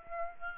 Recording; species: mosquito wingbeat signal from an infrared sensor; Aedes aegypti